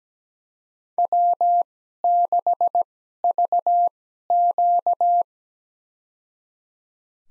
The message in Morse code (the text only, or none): W6VQ